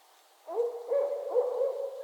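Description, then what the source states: Barred owl hooting: a run of low, wavering hoots with sliding inflections, several notes following each other for over a second. Calling during mating season in northern Michigan.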